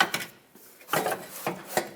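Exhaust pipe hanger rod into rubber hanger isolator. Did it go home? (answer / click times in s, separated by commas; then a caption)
yes / 0.0 s. The hanger rod on the catalytic converter pipe of a 2008-2012 Jeep Liberty (3.7L V6) is pushed into its rubber isolator under the vehicle, and it pops into place with a sharp hit at 0.0 s. Further knocks and rubbing follow at about 0.1, 0.9, 1.5 and 1.8 s. The rod is seated in the hanger.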